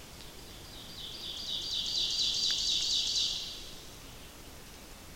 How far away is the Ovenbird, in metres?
about 50 m